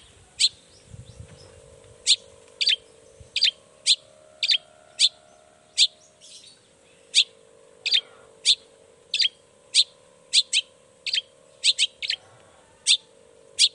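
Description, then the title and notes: Long-tailed shrike song: loud sharp clicking notes repeated every half second or so, sometimes doubled, over a constant low hum. Singing actively in the morning with 'toet toet' sound variations; said to make any other long-tailed shrike answer at once and start singing. "Cendet Gacor Dor Di Kala Pagi Toet Toet Variasi Suara. Cendet Gacor Pagi Hari Biangnya Bikin Cendet Manapun Langsung On Nyaut. Burung cendet"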